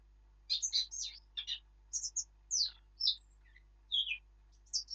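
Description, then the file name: Eurasian blackcap song with quick scratchy notes and higher whistled phrases in short bursts, over a faint low hum. "Sylvia atricapilla"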